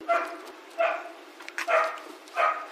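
Dog barking: four short, sharp barks spaced roughly every three quarters of a second.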